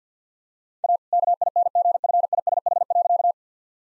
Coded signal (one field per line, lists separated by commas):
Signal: Morse code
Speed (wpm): 50 wpm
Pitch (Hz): 700 Hz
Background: none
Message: A KINGFISH.